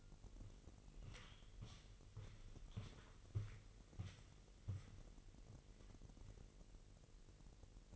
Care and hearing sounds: daily activity, microphone in the room; walk to room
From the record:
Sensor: 4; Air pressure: 1002.8 hPa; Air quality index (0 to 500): 248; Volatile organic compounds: 10 ppm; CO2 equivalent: 2263 ppm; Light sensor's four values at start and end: 11/25/10/10 and 10/24/9/9

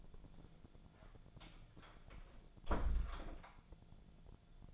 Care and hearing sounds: daily activity, microphone in the room; close door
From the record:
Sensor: 5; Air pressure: 1000.6 hPa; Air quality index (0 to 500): 152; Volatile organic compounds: 2 ppm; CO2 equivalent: 1177 ppm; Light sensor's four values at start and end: 48/112/47/50 and 48/113/47/50

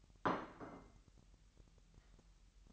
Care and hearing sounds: daily activity, microphone in the room; place plate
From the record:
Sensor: 3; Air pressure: 1001.9 hPa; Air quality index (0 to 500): 245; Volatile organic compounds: 50 ppm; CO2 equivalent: 3291 ppm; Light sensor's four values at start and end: 12/37/16/13 and 12/37/16/13

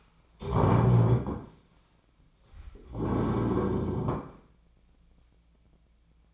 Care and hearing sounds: daily activity, microphone in the room; stand up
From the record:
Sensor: 1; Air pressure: 1009.3 hPa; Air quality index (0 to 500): 178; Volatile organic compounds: 3 ppm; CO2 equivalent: 1502 ppm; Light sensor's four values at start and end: 45/119/49/59 and 42/112/47/55

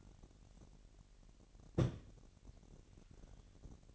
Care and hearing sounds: daily activity, microphone in the room; place on stove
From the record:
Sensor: 4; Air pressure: 1012.9 hPa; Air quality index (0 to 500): 238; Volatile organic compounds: 4 ppm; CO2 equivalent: 1587 ppm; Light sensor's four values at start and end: 29/70/28/28 and 29/69/28/27

